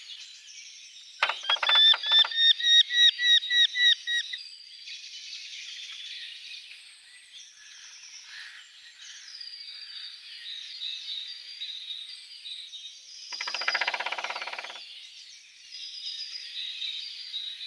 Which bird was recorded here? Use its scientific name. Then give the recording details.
Falco subbuteo. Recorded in the wild. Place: Jägerhof / Breisach am Kaiserstuhl, Baden-Württemberg, DE. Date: 1984-04-22. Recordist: Schwarz, Dieter. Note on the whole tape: Song